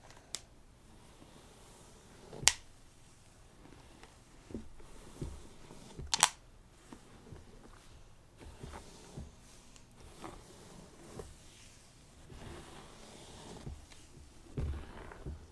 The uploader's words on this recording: ASMR Relaxing Scalp Massage.